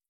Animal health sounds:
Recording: hydrophone in a shrimp aquaculture tank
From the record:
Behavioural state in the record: feeding

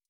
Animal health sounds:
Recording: hydrophone in a shrimp aquaculture tank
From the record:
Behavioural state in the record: stressed

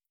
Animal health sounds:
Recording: hydrophone in a shrimp aquaculture tank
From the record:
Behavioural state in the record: starved

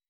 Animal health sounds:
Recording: hydrophone in a shrimp aquaculture tank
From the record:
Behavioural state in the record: weakened

